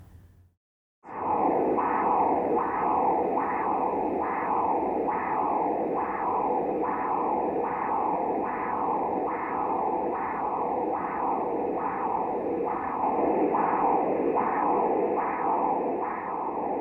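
Transcranial Doppler signal of the middle cerebral artery in an adult, with the probe angled up and forward: a rhythmic, pulsatile whooshing that surges with each heartbeat.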